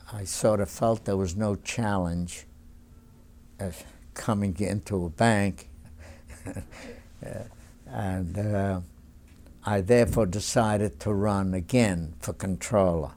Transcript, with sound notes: I sort of felt there was no challenge coming into a bank. ( he laughs ) And I therefore decided to run again for Controller.